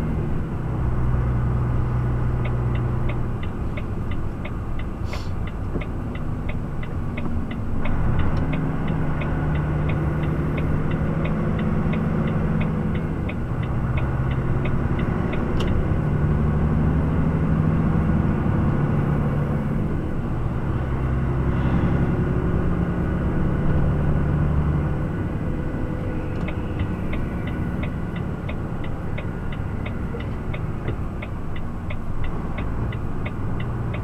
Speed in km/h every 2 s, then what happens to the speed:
25, 25, 22, 19, 18, 22, 22, 24, 27, 27, 29, 30, 30, 29, 25, 21, 18.
0-9 slows to 18. 9-24 speeds up to 30. 24-34 slows to 18.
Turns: none.